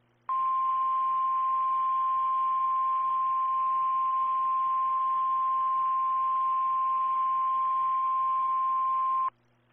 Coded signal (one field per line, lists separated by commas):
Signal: Emergency Alert System (SAME) tones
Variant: 1050 Hz attention tone